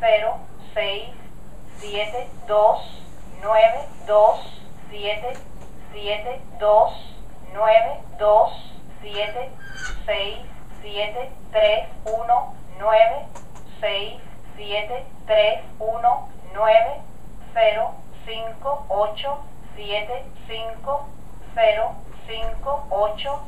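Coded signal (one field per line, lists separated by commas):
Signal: numbers station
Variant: Atencion, Spanish female voice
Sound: female voice reading single digits in Spanish at a steady even pace, groups repeated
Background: low electrical hum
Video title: Number Stations Revealed - Part 1 of 6: The Spanish Voice Behind The "Atencion" Numbers Station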